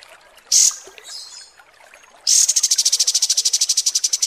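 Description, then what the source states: Kapas tembak: a short loud high burst, a pause, then a fast, evenly pulsed high trill running to the end. Masteran training recording of kapas tembak song.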